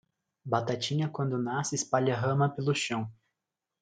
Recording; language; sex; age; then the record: short text; Brazilian Portuguese; male; 20 to 29 years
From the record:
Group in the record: control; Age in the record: 21 years